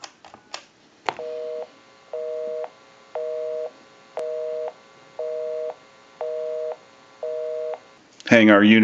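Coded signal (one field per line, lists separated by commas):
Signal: telephone call progress tone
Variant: North America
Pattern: busy tone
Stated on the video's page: Call progress tone heard on a Western Electric Princess telephone during initial checkout and repair.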